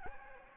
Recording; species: mosquito wingbeat signal from an infrared sensor; Anopheles gambiae